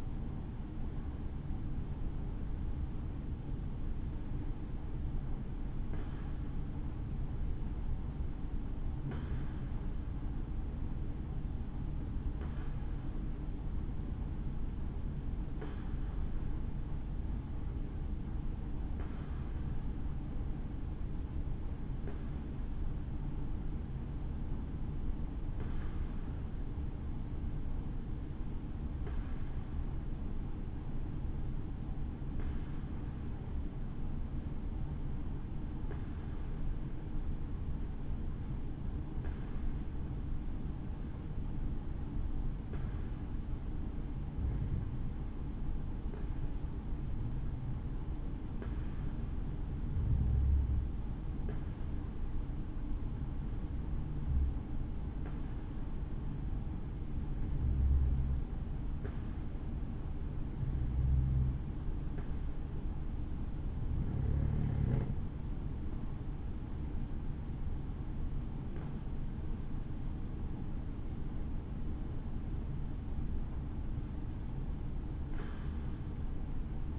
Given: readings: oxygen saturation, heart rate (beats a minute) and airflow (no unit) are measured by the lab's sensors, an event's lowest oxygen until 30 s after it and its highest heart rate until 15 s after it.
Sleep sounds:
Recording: breathing in sleep by a smartphone at the bedside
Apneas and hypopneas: 1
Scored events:
2.00-32.00 s: new sleep stage, N1 (lightest sleep)
16.00-66.30 s: hypopnea (N1, oxygen 96% highest, then 92% lowest, heart rate 65 at the start, 67 highest)
32.00-62.00 s: new sleep stage, N2 (light sleep)
62.00-76.99 s: new sleep stage, N1 (lightest sleep)
From the record:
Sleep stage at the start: N2 (light sleep)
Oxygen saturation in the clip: 90 to 96%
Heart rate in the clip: 60 to 72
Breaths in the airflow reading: 23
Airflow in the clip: -6.8 to 6.9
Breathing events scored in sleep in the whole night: 216 in 7.0 hours asleep

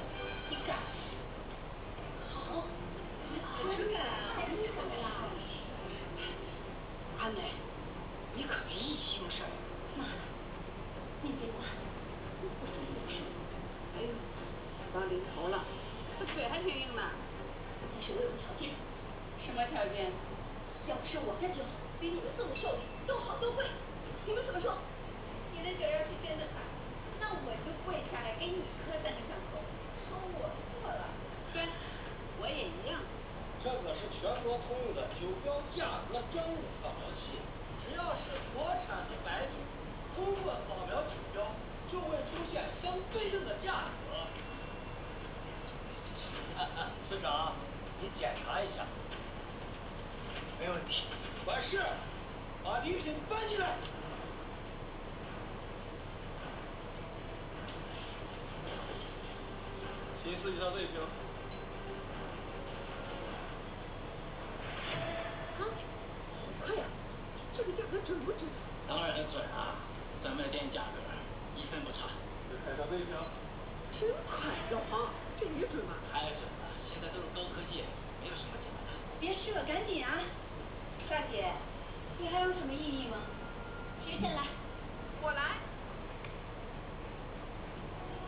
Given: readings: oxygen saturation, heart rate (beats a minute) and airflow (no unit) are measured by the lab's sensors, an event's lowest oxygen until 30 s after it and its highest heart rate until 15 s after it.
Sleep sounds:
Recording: a person awake in a sleep study, by a voice recorder at the bedside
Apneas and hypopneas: none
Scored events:
0.00-88.28 s: awake
From the record:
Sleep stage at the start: awake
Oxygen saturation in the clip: 93 to 94%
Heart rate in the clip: 57 to 71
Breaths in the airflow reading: 27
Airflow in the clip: -5.9 to 5.9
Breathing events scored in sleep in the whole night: 476 in 9.7 hours asleep

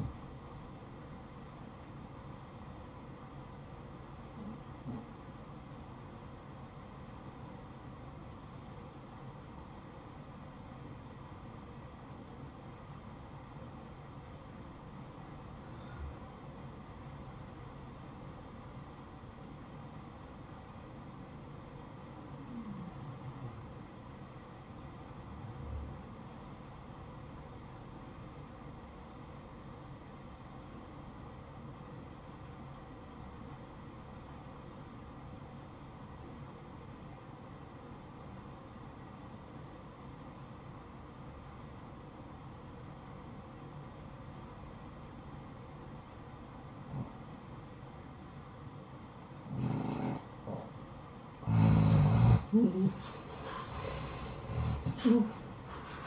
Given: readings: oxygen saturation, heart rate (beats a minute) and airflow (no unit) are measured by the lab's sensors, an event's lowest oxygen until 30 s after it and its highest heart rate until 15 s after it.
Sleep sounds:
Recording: breathing in sleep by a smartphone at the bedside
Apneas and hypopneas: 1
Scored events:
11.00-51.80 s: obstructive apnea (REM, oxygen 95% highest, then 81% lowest, heart rate 61 at the start, 83 highest)
From the record:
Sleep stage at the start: REM sleep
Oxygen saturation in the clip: 79 to 95%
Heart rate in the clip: 50 to 69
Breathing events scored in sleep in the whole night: 573 in 9.8 hours asleep

